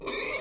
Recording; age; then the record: pig call; weaner (32 to 43 days)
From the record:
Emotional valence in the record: negative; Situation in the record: short isolation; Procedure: open field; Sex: female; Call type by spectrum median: high-frequency call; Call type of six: high-frequency stable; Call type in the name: high-frequency stable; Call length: 0.42 s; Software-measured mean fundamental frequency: 480 Hz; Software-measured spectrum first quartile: 1263 Hz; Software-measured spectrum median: 3381 Hz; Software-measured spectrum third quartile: 5818 Hz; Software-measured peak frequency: 410 Hz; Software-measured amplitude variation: 99 dB a second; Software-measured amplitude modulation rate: 14.4 a second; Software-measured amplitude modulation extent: 6.9 dB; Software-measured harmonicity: 1.5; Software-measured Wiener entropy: -2.09